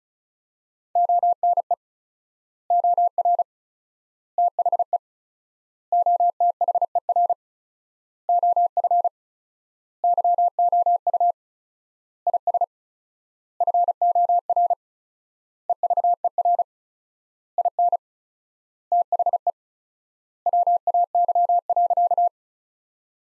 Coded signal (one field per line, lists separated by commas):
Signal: Morse code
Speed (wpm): 36 wpm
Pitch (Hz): 700 Hz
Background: none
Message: ONE OR THE OTHER OF YOU IS FOR EVER IN THE WAY.